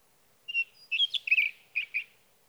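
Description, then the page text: Sage thrasher song: a thin opening note, then a quick jumble of warbled, buzzy phrases and two separate bursts near the end, against a quiet background. Male singing through the night near his night roost, Sierra Valley, California, evening of June 12 to morning of June 15, 2018; recorded with a Swift recorder. "Sage thrasher songs, through the night. from the evening of June 12 to the morning of June 15, 2018, in Sierra Valley, California"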